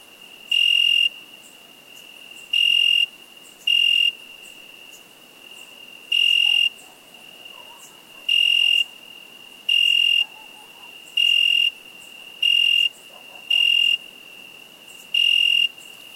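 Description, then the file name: Cricket chirping steadily, about ten brief shrill trills at irregular gaps, with a thin high drone continuing between them. "Cricket insect"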